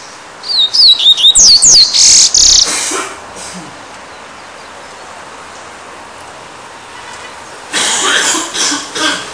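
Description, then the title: Double-collared Seedeater song: a quick burst of high, slurred whistled notes sweeping up and down, followed by several seconds of quiet. "Canto Coleiro"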